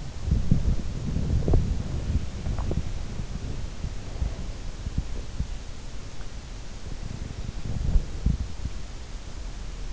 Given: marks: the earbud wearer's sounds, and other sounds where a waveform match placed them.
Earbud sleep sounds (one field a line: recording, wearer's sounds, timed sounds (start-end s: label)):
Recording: sounds in sleep by an in-ear microphone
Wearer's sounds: body movement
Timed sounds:
0.00-2.89 s: body movement
2.29-5.62 s: sound from someone else or the room
7.17-8.79 s: body movement